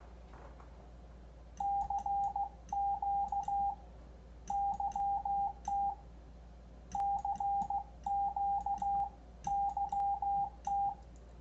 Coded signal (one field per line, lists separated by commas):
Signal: Morse code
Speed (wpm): 15 wpm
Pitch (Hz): 800 Hz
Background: radio noise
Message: CQ YT CQ YT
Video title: A Short One Odio A70 Headphones Review & VO1IV's Mobile HF Demo